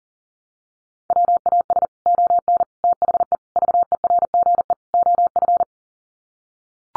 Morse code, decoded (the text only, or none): WAS ON THE VERGE OF